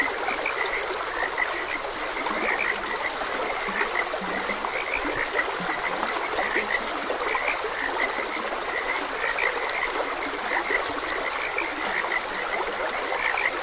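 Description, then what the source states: Many frogs chirp and croak in overlapping bursts throughout, over the even, constant sound of trickling water. Frogs croaking beside a gentle stream.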